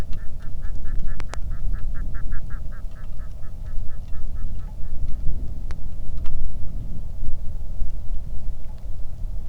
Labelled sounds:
waterfowl, wind, rain
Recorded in the Arctic National Wildlife Refuge, Alaska, on 3 August 2019 at 09:16
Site 46

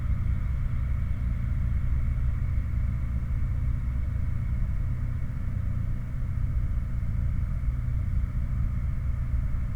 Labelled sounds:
insects
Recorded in the Prudhoe Bay oil fields, Alaska, on 16 August 2019 at 00:53
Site 29

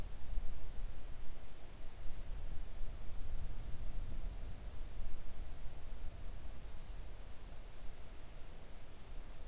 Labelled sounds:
near silence
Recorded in the Arctic National Wildlife Refuge, Alaska, on 3 August 2019 at 05:24
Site 41

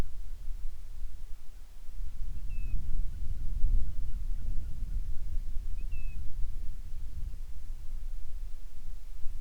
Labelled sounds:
bird, wind
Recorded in the Prudhoe Bay oil fields, Alaska, on 25 July 2019 at 02:03
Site 11

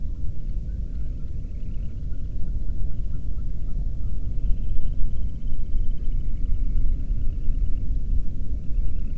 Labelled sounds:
bird
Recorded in the Prudhoe Bay oil fields, Alaska, on 13 June 2019 at 00:33
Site 30

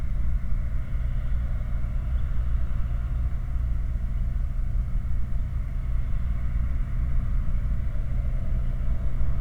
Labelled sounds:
machinery, flare stack
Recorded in the Prudhoe Bay oil fields, Alaska, on 10 August 2019 at 16:46
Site 29

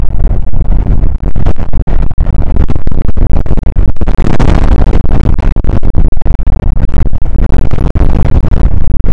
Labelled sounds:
wind
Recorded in the Prudhoe Bay oil fields, Alaska, on 2 August 2019 at 01:36
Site 29

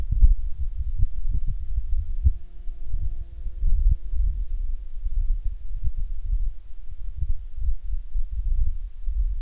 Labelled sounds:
wind, insects
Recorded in the Prudhoe Bay oil fields, Alaska, on 18 June 2019 at 23:20
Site 11

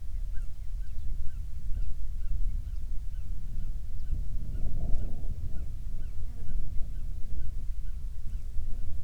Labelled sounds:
bird, wind, insects
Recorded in the Prudhoe Bay oil fields, Alaska, on 7 July 2019 at 00:02
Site 16

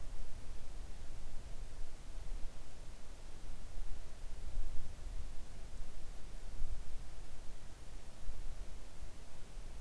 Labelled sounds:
near silence
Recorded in the Arctic National Wildlife Refuge, Alaska, on 3 August 2019 at 05:04
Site 41

